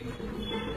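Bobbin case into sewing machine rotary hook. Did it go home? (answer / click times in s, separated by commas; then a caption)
no / none. A bobbin case is being handled at the rotary hook race of a Juki 7600 home sewing machine, with its notch lined up with the tab in the hook race before being pressed in. Only a steady, even background hum with low tonal lines is heard, and no sharp transients. Nothing has seated or clicked yet.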